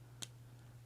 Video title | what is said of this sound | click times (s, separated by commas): Streamlight ProTac 2.0 Review!!! - 2000 Lumens!!! | basically you just put this in here clicks into place and it should be good to go | 0.2 s